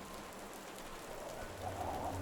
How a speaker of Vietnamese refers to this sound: Nó càng gầm gừ thì mưa càng đổ xuống ào ào.